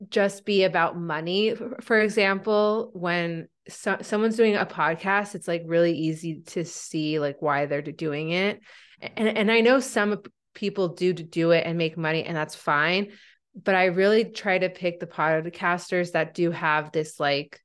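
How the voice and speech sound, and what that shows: An adult woman who stutters speaks conversationally on a notably disfluent day, with brief part-word and sound repetitions and a few stretched sounds, consistent with stuttering. She has had speech therapy since a young age.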